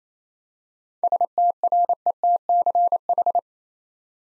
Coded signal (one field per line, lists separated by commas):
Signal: Morse code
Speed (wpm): 27 wpm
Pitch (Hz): 700 Hz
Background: none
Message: STRETCH